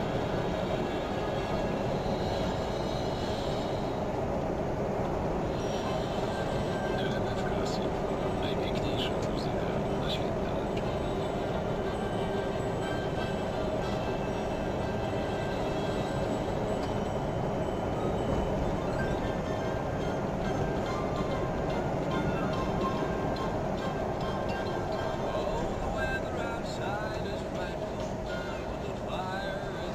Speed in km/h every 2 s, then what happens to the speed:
69, 68, 68, 67, 66, 65, 65, 67, 69, 69, 67, 62, 55, 48, 42.
0-18 steady at about 67. 18-30 slows to 42.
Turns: none.